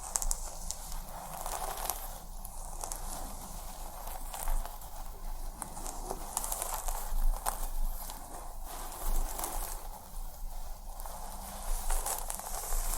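Head massage with scalp scratching: fingers rub and scrape through hair in a steady, dense crackle with a bright, hissy edge. Sharper scratchy strokes stand out every second or so, and a faint low hum runs underneath throughout.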